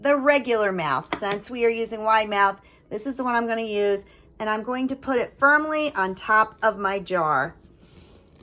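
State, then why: Not seated. A wide-mouth vacuum sealer lid attachment for jar sealing is handled above the top of a glass mason jar while someone talks. It is about to be pressed firmly down, but nothing has seated or clicked yet. Only a couple of faint tiny ticks sound at the very end.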